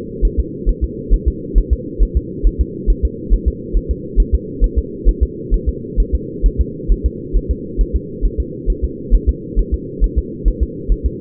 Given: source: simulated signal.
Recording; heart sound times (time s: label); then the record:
fetal heart sounds
0.25 s: S1
0.40 s: S2
0.69 s: S1
0.84 s: S2
1.14 s: S1
1.28 s: S2
1.58 s: S1
1.73 s: S2
2.03 s: S1
2.17 s: S2
2.47 s: S1
2.61 s: S2
2.90 s: S1
3.05 s: S2
3.34 s: S1
3.48 s: S2
3.77 s: S1
3.91 s: S2
4.20 s: S1
4.34 s: S2
4.64 s: S1
4.79 s: S2
5.09 s: S1
5.23 s: S2
5.54 s: S1
5.69 s: S2
6.00 s: S1
6.15 s: S2
6.46 s: S1
6.61 s: S2
6.92 s: S1
7.06 s: S2
7.37 s: S1
7.51 s: S2
7.81 s: S1
7.96 s: S2
8.25 s: S1
8.40 s: S2
8.70 s: S1
8.84 s: S2
9.15 s: S1
9.29 s: S2
9.59 s: S1
9.74 s: S2
10.04 s: S1
10.19 s: S2
10.48 s: S1
10.63 s: S2
10.92 s: S1
11.06 s: S2
From the record:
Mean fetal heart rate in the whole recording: 135 bpm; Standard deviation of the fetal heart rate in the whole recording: 3 bpm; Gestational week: 36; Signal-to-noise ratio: -4.1 dB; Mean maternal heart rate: no maternal heart sound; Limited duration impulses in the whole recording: absent